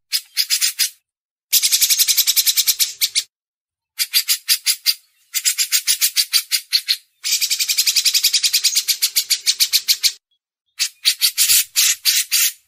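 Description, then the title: Grey-cheeked Bulbul producing clipped, rattling chatter in several separate bursts of rapid, evenly spaced harsh notes. Masteran tutor recording for training songbirds. "MASTERAN CUCAK JENGGOT"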